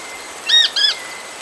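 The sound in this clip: Bird call: two quick arched, ringing notes with bright overtones, given as a close pair against a soft background hiss.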